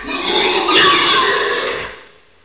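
Pig letting out one long, loud, harsh squeal lasting about two seconds, rough and broad-toned, fading out at the end.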